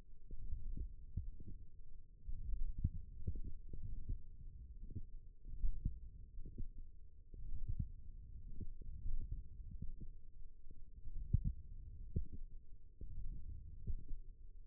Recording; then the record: forearm muscle sounds (acoustic myography)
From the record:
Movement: hook grip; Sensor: system 1, eight BSWA MPA416 microphones around the upper forearm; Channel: 2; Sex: female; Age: 21 years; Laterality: right